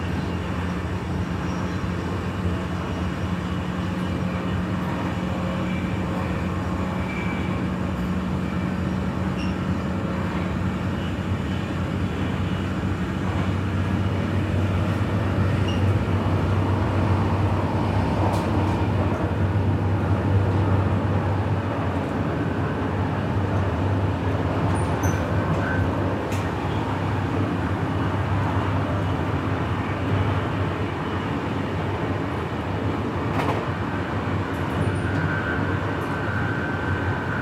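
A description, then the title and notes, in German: A train ride in the evening, the wheels rattling over the tracks in a steady, dense rumble that holds for the whole stretch. A low hum runs underneath, swelling slightly around the middle, with occasional faint clicks and squeaks breaking through. Abendliche Zugfahrt, ratternde Gleise.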